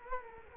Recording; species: mosquito wingbeat signal from an infrared sensor; Culex quinquefasciatus